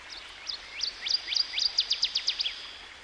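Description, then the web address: Northern waterthrush singing a bright run of sharp chips, starting softly, then quickening and strengthening into an even run, ending in a lower note. Singing by a stream. "Dan Gibson Songbirds By The Stream. Northern Waterthrush"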